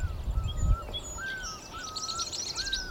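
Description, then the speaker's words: Song Sparrow singing: clear whistled notes and a bright, jumbled high phrase, over low rumbling background noise. Tail shakes during the trill part of its song; sings all over Montpelier, Vermont. "He's like, this is how his tail shakes in the trill part of his song."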